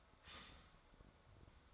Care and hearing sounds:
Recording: daily activity, microphone in the room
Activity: start toaster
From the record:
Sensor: 3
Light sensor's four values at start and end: 4/11/4/4 and 4/11/4/4

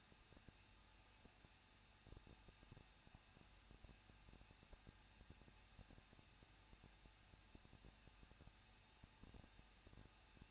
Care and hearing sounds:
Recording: daily activity, microphone in the room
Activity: no activity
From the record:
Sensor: 2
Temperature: 21.0 degrees Celsius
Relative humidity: 37.3%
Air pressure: 1006.2 hPa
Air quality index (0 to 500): 222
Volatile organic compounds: 24 ppm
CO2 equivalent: 2810 ppm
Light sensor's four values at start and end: 2/3/2/2 and 2/3/2/2

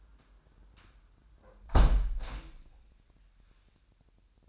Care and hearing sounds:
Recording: daily activity, microphone in the room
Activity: close window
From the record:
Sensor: 2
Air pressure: 998.5 hPa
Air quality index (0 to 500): 126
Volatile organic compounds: 3 ppm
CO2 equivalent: 1432 ppm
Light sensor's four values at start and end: 6/15/6/7 and 6/14/6/6

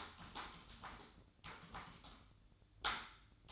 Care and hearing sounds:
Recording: daily activity, microphone in the room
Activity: typing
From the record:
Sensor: 3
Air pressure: 1007.6 hPa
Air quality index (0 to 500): 60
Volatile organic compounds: 1 ppm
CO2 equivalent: 611 ppm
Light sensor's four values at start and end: 11/26/11/11 and 11/26/11/11

